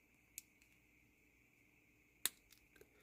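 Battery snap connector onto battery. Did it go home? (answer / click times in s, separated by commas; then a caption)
yes / 0.4 s, 2.3 s. A battery snap connector is pressed down onto a battery until it snaps into place, giving a sharp click at 0.4 s and a louder one at 2.3 s, followed by a few faint ticks over a quiet background. The connector ends up seated on the battery.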